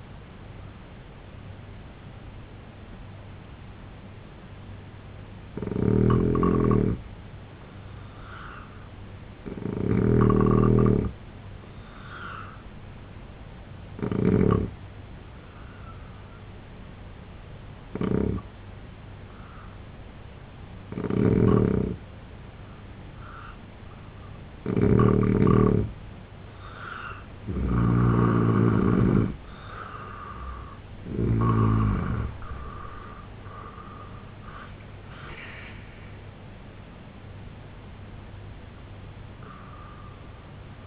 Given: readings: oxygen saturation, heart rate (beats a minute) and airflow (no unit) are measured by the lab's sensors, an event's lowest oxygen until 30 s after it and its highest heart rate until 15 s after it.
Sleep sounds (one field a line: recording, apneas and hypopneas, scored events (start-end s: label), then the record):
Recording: breathing in sleep by a voice recorder at the bedside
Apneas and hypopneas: 1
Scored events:
4.00-16.50 s: hypopnea (N3, oxygen 88% highest, then 82% lowest, heart rate 73 at the start, 91 highest)
From the record:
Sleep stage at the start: N3 (deep sleep)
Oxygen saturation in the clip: 82 to 88%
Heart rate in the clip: 71 to 96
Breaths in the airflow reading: 7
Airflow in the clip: -7.9 to 6.1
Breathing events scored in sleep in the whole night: 258 in 7.4 hours asleep